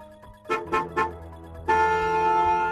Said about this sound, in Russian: Звук автомобильного сигнала заставил Андрея вздрогнуть. Машина остановилась рядом с ним, подняв небольшое облако пыли.